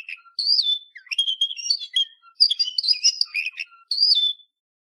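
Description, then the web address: Canary warbling in short bursts of varied whistled and chirping notes, with brief gaps between phrases. "honarfardi Canary Sound"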